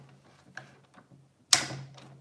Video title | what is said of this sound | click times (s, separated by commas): Generation 1 original Xbox cleaning guide launch day 2001 console | By the way, that snap you heard was a good sound. That was just the glue holding the screw in place. | 1.5 s